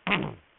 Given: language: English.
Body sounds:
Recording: throat vibration sensor signal played as sound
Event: throat clearing

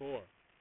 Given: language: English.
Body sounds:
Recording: throat vibration sensor signal played as sound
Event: speech

